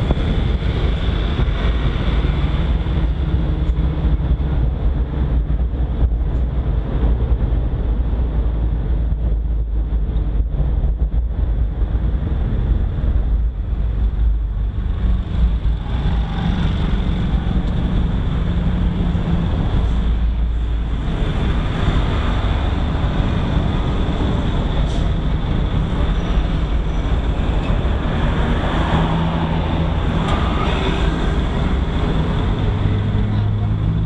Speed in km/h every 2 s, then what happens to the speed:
40, 38, 35, 32, 28, 20, 13, 7, 2, 1, 0, 0, 0, 0, 1, 2, 0.
0-16 slows to 2. 16-34 standing.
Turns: none.